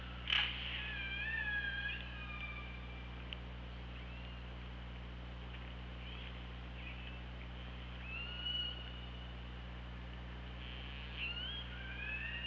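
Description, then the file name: Killer whale calls: a sharp click burst opens, then faint wavering squeals drift in and out over constant low hum. Recorded by OrcaLab hydrophone on 24 August 2017 at 15:23:08. "Orca Lab UTLN JASON 20170824 152308"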